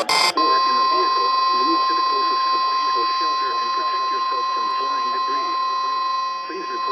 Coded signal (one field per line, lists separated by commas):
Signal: Emergency Alert System (SAME) tones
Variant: 1050 Hz attention tone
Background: speech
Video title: Early Season Mayhem... EAS Alerts from 1/12/23 (EAS 1060-1089)